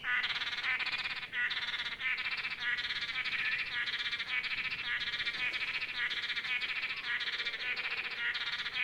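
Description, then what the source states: Blue-backed manakins calling together, a steady run of harsh, buzzy, pulsed notes repeated in quick succession with hardly a pause throughout. Several blue-backed manakins calling together.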